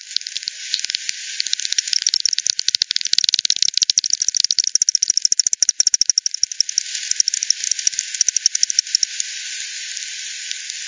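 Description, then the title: Bat echolocation calls heard as rapid, overlapping clicks and ticks forming a continuous crackling texture, easing slightly toward the end over faint hiss. Multiple bats by the Hogsmill River, Hogsmill Lane, 7 October 2020 at 18:10 Z; frequency-division (FD10) bat detector recording, bandpass filtered and resampled. "WW bat 20201007 T 18 : 10 Z-Hogsmill-Lane-Hogsmill-River-multiple-bats"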